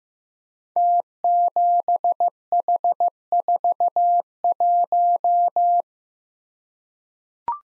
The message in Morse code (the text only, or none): T7H41